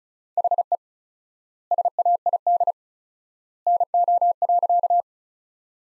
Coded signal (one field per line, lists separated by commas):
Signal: Morse code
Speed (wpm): 34 wpm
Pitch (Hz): 700 Hz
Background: none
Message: HE SAID NO.